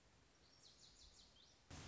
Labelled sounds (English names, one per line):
Lazuli Bunting